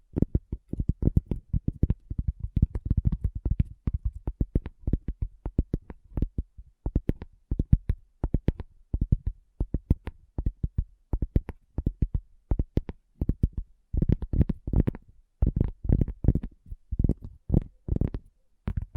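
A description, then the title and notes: Rapid tapping with quick irregular bursts of dull, low knocks, dense early on, then coming in short clusters separated by brief pauses. ASMR Addictive Tapping. (No Talking).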